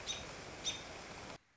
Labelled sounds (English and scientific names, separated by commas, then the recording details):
American Robin (Turdus migratorius)
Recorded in Sonoma County, California